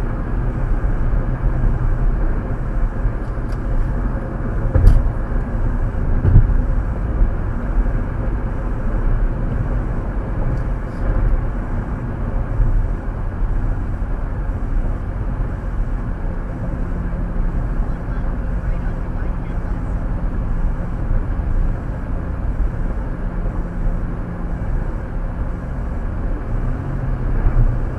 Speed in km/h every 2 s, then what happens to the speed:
116, 108, 103, 106, 108, 108, 106, 105, 101, 101, 101, 103, 101, 105.
0-3 brakes to 103. 3-28 steady at about 103.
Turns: none.